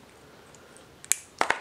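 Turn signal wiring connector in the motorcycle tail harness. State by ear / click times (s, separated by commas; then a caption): released / 1.1 s. Pushing the release tab on the large white plastic two-pin turn-signal connector in the tail wiring harness of a 2021–2023+ Yamaha MT-07 motorcycle. After a faint tap near 1.0 s, a sharp small click at 1.1 s marks the latch releasing, and two more sharp clicks follow around 1.4 s and 1.5 s. The connector is now unlatched so it can be pulled apart.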